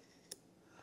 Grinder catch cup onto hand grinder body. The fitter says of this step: i mean it has little magnets at the bottom so you can hear a click listen to this